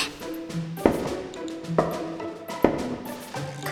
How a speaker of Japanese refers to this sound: 扉を3回ノックするんですよね。